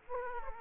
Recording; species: mosquito wingbeat signal from an infrared sensor; Aedes aegypti